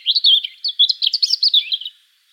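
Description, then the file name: European robin warbling continuously, a fast string of liquid chirps and trills rising and falling, ending abruptly. "Erithacus rubecula"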